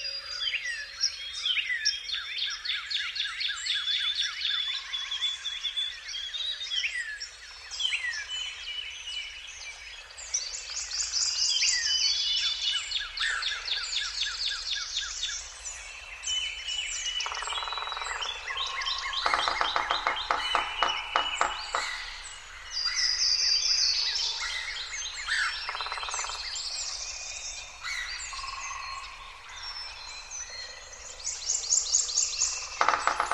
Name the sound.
the music of the Earth